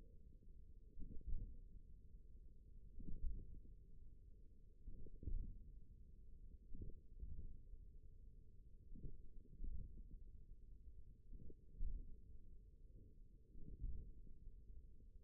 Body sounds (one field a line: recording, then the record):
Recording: forearm muscle sounds (acoustic myography)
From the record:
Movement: tripod grip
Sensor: system 1, eight BSWA MPA416 microphones around the upper forearm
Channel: 4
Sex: male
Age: 41 years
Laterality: right